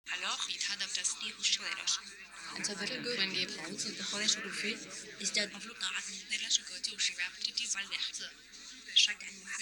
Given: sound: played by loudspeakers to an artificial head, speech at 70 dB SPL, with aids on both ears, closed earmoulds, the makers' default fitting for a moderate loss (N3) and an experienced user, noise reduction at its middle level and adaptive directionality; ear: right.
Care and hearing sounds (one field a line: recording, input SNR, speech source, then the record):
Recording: speech test signal (ISTS) in cocktail-party noise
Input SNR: 0 dB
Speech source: on the right (90 degrees)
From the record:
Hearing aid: class 1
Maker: J